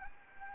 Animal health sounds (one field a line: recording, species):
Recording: mosquito wingbeat signal from an infrared sensor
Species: Anopheles gambiae